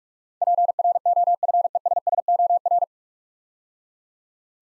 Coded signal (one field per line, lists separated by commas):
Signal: Morse code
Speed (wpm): 44 wpm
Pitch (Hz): 700 Hz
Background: none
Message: PROFESSOR